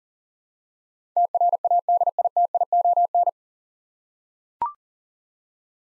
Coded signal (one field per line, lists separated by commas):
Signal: Morse code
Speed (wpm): 39 wpm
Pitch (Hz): 700 Hz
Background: none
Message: TRADITION